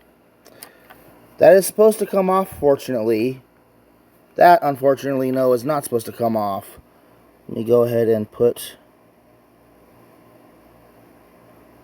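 Someone talks while handling the plastic sword handle of an S.H. Figuarts Masked Rider Femme action figure, which came off the sword by accident, and lines it up to put it back in. Faint small taps are heard near 0.5 s and 0.6 s. Nothing has seated or clicked yet.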